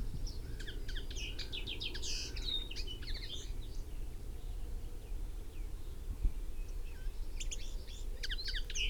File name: Fringilla coelebs